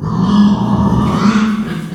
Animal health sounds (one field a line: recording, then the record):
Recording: squeal of a Yucatan mini pig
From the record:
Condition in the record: after surgery on the right vocal fold (resection and tissue-engineered implant)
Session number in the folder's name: 16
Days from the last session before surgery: 183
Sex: female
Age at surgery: 19 weeks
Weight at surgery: 25 kg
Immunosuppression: prednisolone